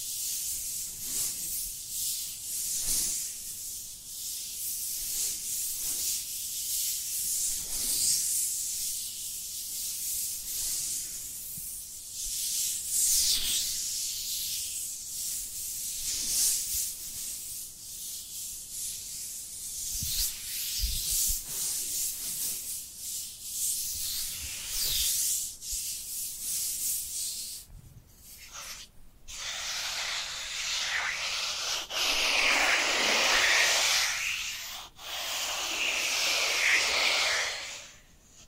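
Dry hands rub together in a bright, papery hiss, swelling and easing in regular strokes about once a second for the first half. Near the 28-second mark the rubbing turns heavier and fuller, a denser, rougher scrape that continues almost to the end.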